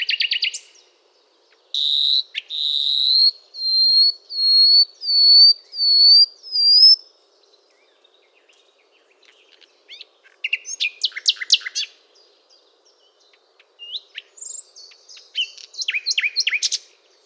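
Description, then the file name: Common nightingale song: a brief opening note, then a series of swelling pure whistles, then rapid rattling trills and sharp chirps after a short gap. "Luscinia megarhynchos"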